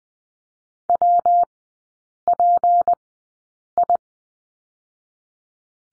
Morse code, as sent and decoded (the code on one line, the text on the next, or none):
.-- .--. ..
WPI